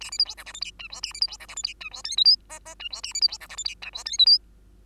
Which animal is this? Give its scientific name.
Lonchura striata domestica